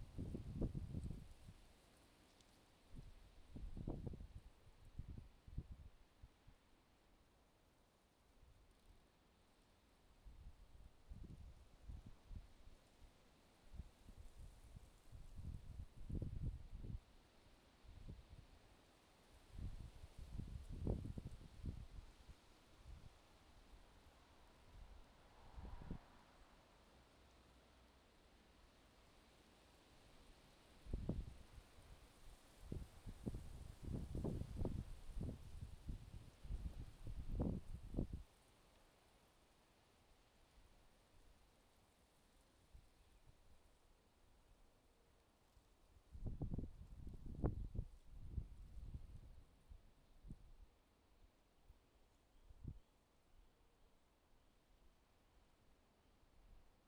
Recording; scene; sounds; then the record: everyday scene through a hearing-aid microphone; wind on the microphone; wind, traffic, birds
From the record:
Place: suburban garden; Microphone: in the ear canal, left